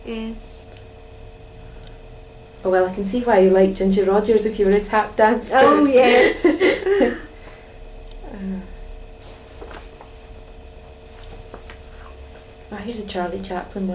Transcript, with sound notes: Yes.
Oh well, I can see why you liked Ginger Rogers if you were a tap dancer.
Oh yes!
[laughs] Ah. Ah, here's a Charlie Chaplin one.